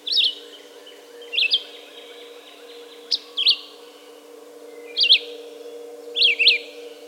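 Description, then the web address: Red-eyed vireo song: brief whistled phrases separated by pauses of about a second or more, some phrases doubled, over a faint constant hum. "2018 10 red-eyed vireo song by jonathon jongsma"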